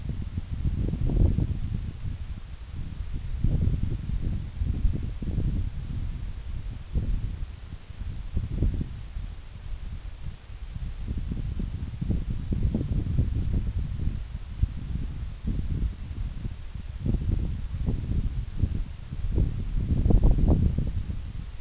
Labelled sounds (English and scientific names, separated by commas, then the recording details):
none
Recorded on Arctic tundra, site NAIT-1, on 26 June 2019
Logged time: 12:00